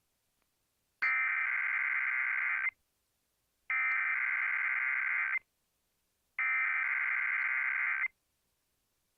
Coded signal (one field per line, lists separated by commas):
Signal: Emergency Alert System (SAME) tones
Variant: header bursts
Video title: KMCH Required Weekly Test #1 (EAS #124)